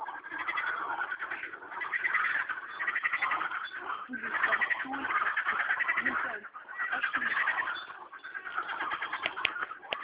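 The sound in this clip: Frogs calling in a dense, continuous chorus of rapid pulsed croaks that swell and fade in waves throughout.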